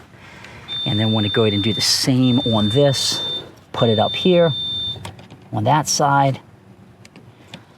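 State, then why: Seated. Someone talks while closing the second spring-band hose clamp onto the other coolant hose at the replacement coolant reservoir of a 2012 Fiat 500C. Faint, short clicks are heard at 7.1, 7.2 and 7.5 seconds as the clamp latches. It seats on the hose, clicking less loudly than the first clamp.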